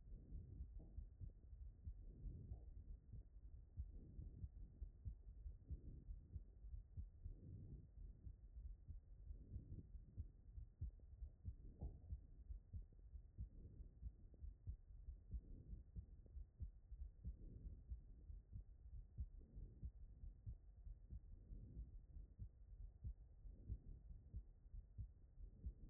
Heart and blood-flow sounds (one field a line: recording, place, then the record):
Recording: heart sounds by stethoscope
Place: aortic valve (AV)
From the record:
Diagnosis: HFrEF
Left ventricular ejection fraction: 27%